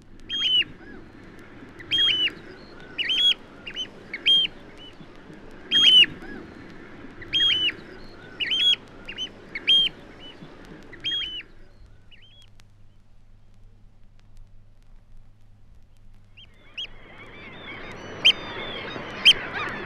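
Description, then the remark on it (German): A pair of Eurasian oystercatchers give loud, shrill piping flight calls in a quick, rhythmic series, then fall silent before sharp alarm calls break out over the noisy chatter of a common gull colony. “Auf die Flugrufe eines Paares folgen Warnrufe inmitten einer Sturmmöwenkolonie.”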